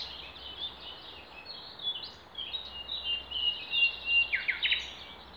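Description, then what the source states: Songbird chorus of overlapping high chirps and warbles, growing busier toward the end with a few descending notes, over a constant hiss. Songbirds singing in Demerje forest, 28 April 2020.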